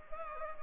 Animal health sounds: mosquito wingbeat signal from an infrared sensor; Anopheles gambiae

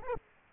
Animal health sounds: mosquito wingbeat signal from an infrared sensor; Aedes aegypti

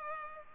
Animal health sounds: mosquito wingbeat signal from an infrared sensor; Culex pipiens

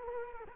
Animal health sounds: mosquito wingbeat signal from an infrared sensor; Culex quinquefasciatus

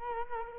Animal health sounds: mosquito wingbeat signal from an infrared sensor; Culex quinquefasciatus

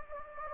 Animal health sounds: mosquito wingbeat signal from an infrared sensor; Anopheles gambiae

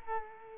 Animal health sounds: mosquito wingbeat signal from an infrared sensor; Culex quinquefasciatus

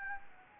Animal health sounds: mosquito wingbeat signal from an infrared sensor; Anopheles gambiae

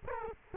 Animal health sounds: mosquito wingbeat signal from an infrared sensor; Culex quinquefasciatus

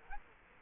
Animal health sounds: mosquito wingbeat signal from an infrared sensor; Culex quinquefasciatus

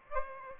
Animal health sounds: mosquito wingbeat signal from an infrared sensor; Aedes aegypti

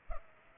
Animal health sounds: mosquito wingbeat signal from an infrared sensor; Culex pipiens

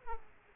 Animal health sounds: mosquito wingbeat signal from an infrared sensor; Aedes aegypti

